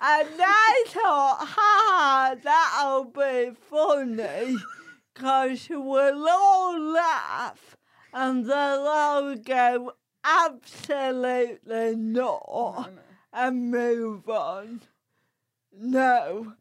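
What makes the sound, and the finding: Adult woman speaking. Dysarthria.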